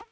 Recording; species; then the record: mosquito flight sound by mobile phone; Aedes sierrensis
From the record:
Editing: cut to the mosquito's sound